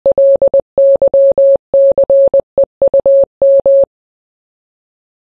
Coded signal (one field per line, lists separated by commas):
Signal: Morse code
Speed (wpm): 20 wpm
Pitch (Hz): 2950 Hz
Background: none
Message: LYCEUM